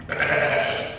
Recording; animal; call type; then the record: contact call of a hoofed animal; sheep; low-frequency (closed-mouth) or high-frequency (open-mouth) call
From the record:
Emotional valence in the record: negative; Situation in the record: short social isolation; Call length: 0.99 s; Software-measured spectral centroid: 1850 Hz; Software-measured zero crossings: 2620 a second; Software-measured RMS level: -24 dBFS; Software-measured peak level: -7 dBFS